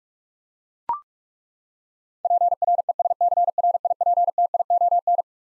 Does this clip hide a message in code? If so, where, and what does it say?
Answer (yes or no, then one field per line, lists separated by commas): yes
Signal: Morse code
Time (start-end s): 2.2-5.2 s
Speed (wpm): 41 wpm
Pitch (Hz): 700 Hz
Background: none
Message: PRESCRIPTION